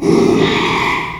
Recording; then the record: squeal of a Yucatan mini pig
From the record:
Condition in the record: after surgery on the right vocal fold (resection and tissue-engineered implant); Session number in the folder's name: 1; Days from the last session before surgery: 6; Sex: male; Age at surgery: 12 weeks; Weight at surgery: 13 kg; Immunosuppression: cyclosporine, prednisolone